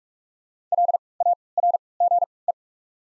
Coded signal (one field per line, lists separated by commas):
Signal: Morse code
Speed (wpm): 46 wpm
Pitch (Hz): 700 Hz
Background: none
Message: LARGE